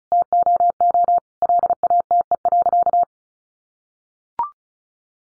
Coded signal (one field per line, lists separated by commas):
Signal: Morse code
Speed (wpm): 34 wpm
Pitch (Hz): 700 Hz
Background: none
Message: TOO LATE.